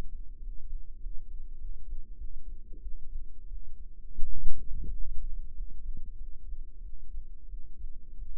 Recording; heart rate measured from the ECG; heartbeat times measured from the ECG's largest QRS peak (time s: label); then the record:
heart sounds by microphone in the right ear; 93 bpm
0.39 s: heartbeat
0.98 s: heartbeat
1.56 s: heartbeat
2.16 s: heartbeat
2.79 s: heartbeat
3.48 s: heartbeat
4.19 s: heartbeat
4.88 s: heartbeat
5.52 s: heartbeat
6.15 s: heartbeat
6.80 s: heartbeat
7.47 s: heartbeat
8.16 s: heartbeat
From the record:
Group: healthy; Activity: cold pressor test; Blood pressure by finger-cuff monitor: 132/95 mmHg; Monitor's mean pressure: 105 mmHg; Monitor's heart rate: 98 bpm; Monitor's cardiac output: 7 L/min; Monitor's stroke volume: 71 mL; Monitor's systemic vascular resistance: 1120 dyn s/cm5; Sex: male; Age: 21 years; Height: 180 cm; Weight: 67.5 kg